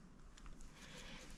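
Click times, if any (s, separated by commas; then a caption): none. A ball bearing is pressed by hand into the hub of a polyurethane skate wheel, making soft scraping and rubbing sounds with a few faint taps. Nothing has seated or clicked yet.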